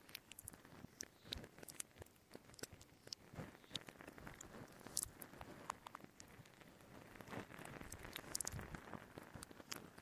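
Mouth sounds and the rubbing of a glove make a dense, irregular patter of crackles and sharp clicks for the whole ten seconds, much like rain tapping on a surface. Brighter, louder snaps stand out near five and eight seconds over a soft, steady hiss.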